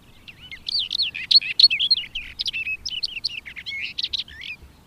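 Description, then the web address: Barred warbler song: a continuous hurried warble of scratchy, twittering and squeaky notes, rapid and jumbled, running for about four seconds. "agykontroll Madardalok Cd 2. Karvalyposzáta"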